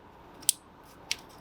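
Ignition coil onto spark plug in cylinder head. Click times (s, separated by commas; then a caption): 0.5 s, 1.1 s. Ignition coils on a Volkswagen Jetta GLI/GTI are pushed down into the cylinder head onto new spark plugs, without dielectric grease. Two sharp snaps are heard at 0.5 s and 1.1 s as each coil seats onto its spark plug, with quiet background between them.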